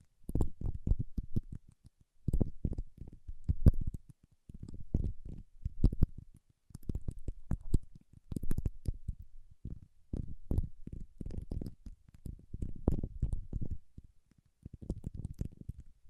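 Paraffin wax being peeled, tapped and scratched, heard as dense bursts of low, crackly clicks and rustles. The bursts come in irregular clusters about a second long, separated by short near-silent pauses, with a few sharp, brighter ticks scattered throughout.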